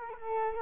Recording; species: mosquito wingbeat signal from an infrared sensor; Culex quinquefasciatus